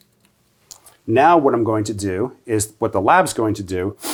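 A dental facebow transfer plate is pressed onto the four-prong receivers of the mounting table of a Stratus 300 articulator. After a couple of faint ticks, it snaps into place with a sharp click at 0.7 s. Someone then talks.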